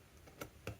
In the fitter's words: and then this will sit like this, and these will just snap right in, just like that.